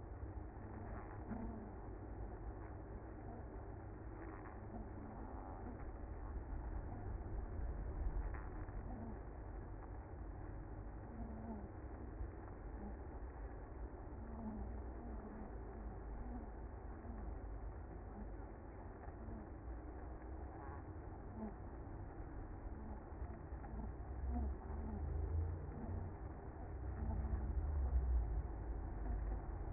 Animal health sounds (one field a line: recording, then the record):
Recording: honeybee colony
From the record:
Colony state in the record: active